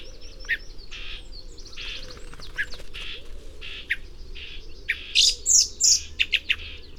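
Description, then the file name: Common blackbird giving a series of sharp, high call notes toward the end, about three a second, over a busy background of other chirps. "Turdus merula"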